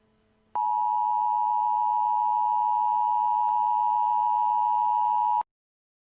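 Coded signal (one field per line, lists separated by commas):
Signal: Emergency Alert System (SAME) tones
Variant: 853 and 960 Hz attention tone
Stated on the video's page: Fictional tornado warning EAS alert with poorly worded English.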